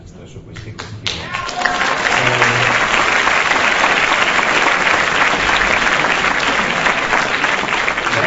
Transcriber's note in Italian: applausi